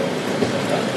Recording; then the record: background sound without coughing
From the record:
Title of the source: Office Sounds Ambience - Background Noise for Study and Work